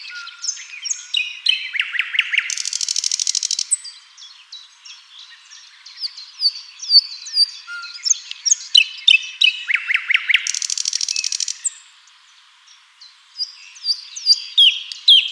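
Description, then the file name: Common nightingale pouring out varied song, two harsh buzzy bursts about eight seconds apart between sharp chirps, quick trills and whistled notes, with a brief pause between them. "Luscinia megarhynchos"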